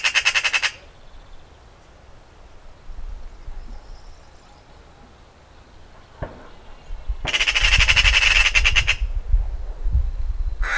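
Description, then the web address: Eurasian Magpie rattling in three harsh bursts, a short one at the start, a longer one later and a brief one at the end, over a low rumbling background. "Ocells Cultura Urraca común"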